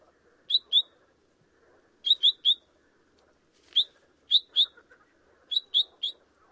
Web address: long tailed finch call